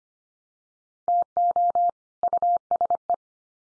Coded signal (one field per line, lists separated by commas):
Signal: Morse code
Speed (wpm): 25 wpm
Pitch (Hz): 700 Hz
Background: none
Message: TO USE